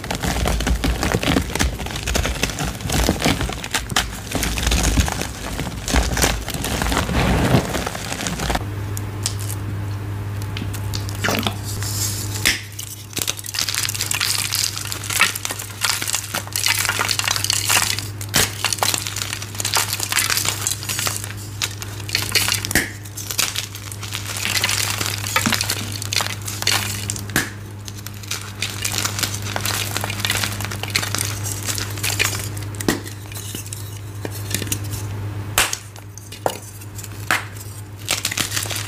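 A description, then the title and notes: Gym chalk is crushed in baby oil, making a steady stream of dense, crisp crinkling and crunching with frequent sharp little crackles throughout. From about nine seconds to thirty-five seconds a low, even hum sits underneath, and the crushing carries on at a fairly constant level. Baby Oil Gym Chalk Crushing Compilation.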